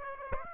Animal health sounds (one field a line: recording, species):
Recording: mosquito wingbeat signal from an infrared sensor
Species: Aedes aegypti